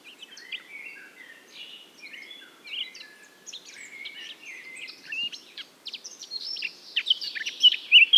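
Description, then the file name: Eurasian blackcap song: a quiet chattering warble that swells into loud, clear fluted whistles at the close. "Sylvia atricapilla"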